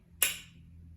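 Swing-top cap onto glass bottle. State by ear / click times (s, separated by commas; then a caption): seated / 0.2 s. A swing-top cap is pressed down to seal a glass bottle after carbonation drops have been added. A single sharp, bright click at 0.2 s rings out and fades over a low steady hum. The cap snaps shut and the bottle is sealed.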